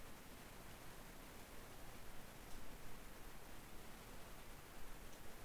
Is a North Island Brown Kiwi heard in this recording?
no